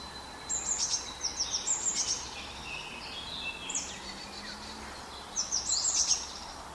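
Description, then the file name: Eurasian blue tit calls: short clusters of high, thin notes, repeated a few times over steady background noise. "Cyanistes caeruleus"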